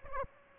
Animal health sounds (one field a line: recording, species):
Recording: mosquito wingbeat signal from an infrared sensor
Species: Aedes albopictus